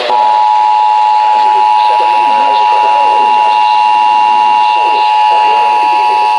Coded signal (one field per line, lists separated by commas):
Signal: Emergency Alert System (SAME) tones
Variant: 853 and 960 Hz attention tone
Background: speech